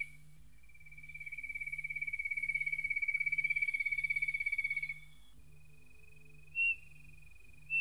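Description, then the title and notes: Spotted nothura giving a fast, high, even trill of piping notes for about five seconds, then a thin steady whistle with two brief louder notes; low hum underneath. Its most characteristic call, heard all year, sounds much like a cricket; a walking bird with straight, low flight, living in low open grassland, natural or cultivated, and along roadsides. "Inambú. Perdíz (Nothura maculosa)"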